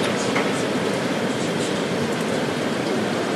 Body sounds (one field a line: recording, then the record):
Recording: background sound without coughing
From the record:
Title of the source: Office Sounds Ambience - Background Noise for Study and Work